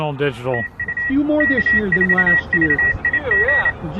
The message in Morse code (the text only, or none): TU K4VIG